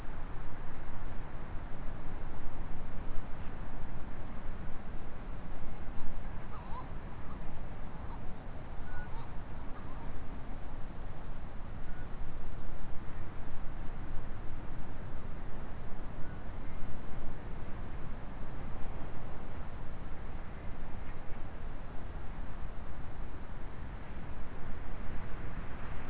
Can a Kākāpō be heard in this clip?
no